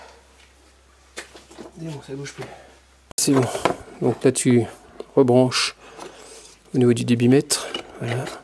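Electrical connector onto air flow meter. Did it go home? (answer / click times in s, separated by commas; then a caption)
no / none. On an Audi A3 S being worked on for a brake pedal that sinks all the way to the floor, the electrical connector is being handled to plug back onto the air flow meter (MAF sensor). Someone talks over faint handling and rubbing sounds, with a low steady hum in the first three seconds. The clip ends before the connector goes home, so nothing has seated or clicked yet.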